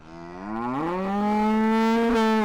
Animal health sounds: contact call of a hoofed animal; cattle; low-frequency (closed-mouth) or high-frequency (open-mouth) call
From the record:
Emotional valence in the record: negative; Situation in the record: full separation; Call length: 2.5 s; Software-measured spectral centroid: 1740 Hz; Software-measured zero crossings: 1120 a second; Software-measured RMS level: -23 dBFS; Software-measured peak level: -19 dBFS

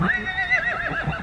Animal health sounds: contact call of a hoofed animal; Przewalski's horse; whinny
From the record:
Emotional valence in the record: negative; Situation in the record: naturally occurring agonistic interactions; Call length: 1.23 s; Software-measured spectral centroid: 2060 Hz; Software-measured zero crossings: 3050 a second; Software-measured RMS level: -24 dBFS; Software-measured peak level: -10 dBFS

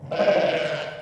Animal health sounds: contact call of a hoofed animal; sheep; low-frequency (closed-mouth) or high-frequency (open-mouth) call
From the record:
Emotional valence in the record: negative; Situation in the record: short social isolation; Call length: 1.02 s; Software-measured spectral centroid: 1710 Hz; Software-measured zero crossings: 1840 a second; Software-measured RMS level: -23 dBFS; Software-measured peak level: -8 dBFS

